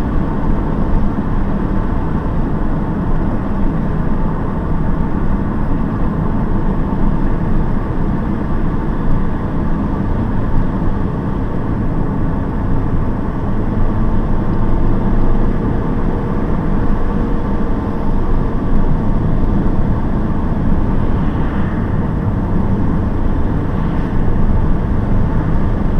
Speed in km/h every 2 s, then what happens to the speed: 78, 76, 76, 75, 70, 70, 73, 79, 78, 73, 72, 72, 73.
0-9 steady at about 76. 9-14 speeds up to 79. 14-20 slows to 72. 20-26 steady at about 72.